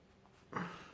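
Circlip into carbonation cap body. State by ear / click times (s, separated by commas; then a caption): partly seated / 0.6 s. A metal circlip is pushed and wiggled into the groove inside a plastic carbonation cap, giving a faint tick at 0.3 s and a clear click at 0.6 s that rings on briefly as a fading midrange tone. The clip has clicked in but is still not fully seated.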